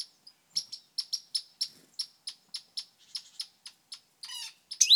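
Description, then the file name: Great tit calling with a rapid series of clear, sharp high notes repeated several times a second, ending in a brief buzzy rasp. "Parus major"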